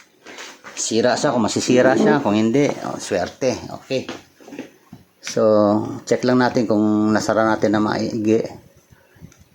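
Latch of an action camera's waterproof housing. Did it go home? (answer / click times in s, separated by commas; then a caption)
yes / 9.3 s. The latch on an action camera's waterproof housing is being checked to confirm it is closed tightly. Someone talks, and then a short, sharp click is heard at 9.3 s. The latch is locked.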